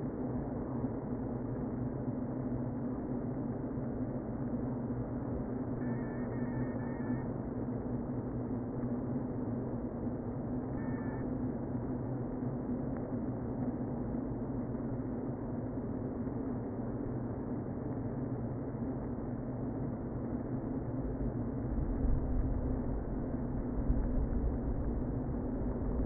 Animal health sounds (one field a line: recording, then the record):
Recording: honeybee colony, microphone inside the hive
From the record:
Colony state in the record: queen present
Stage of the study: before two queens were removed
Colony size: about 60,000 bees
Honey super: yes